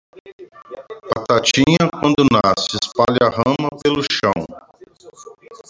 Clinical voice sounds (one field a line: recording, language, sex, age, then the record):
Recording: short text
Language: Brazilian Portuguese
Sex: male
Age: 50 to 59 years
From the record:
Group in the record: control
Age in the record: 52 years